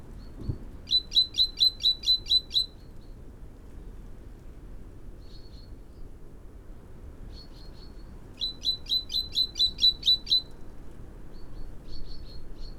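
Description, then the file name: Great tit gives two runs of about nine bright, high notes each, evenly spaced and rapid, with fainter scattered notes in the pauses between them. "Parus major"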